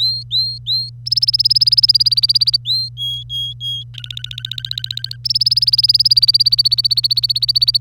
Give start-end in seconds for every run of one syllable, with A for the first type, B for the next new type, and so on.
0.00-0.90 A, 1.06-2.57 B, 2.65-2.89 A, 2.97-3.83 C, 3.94-5.16 D, 5.25-7.81 B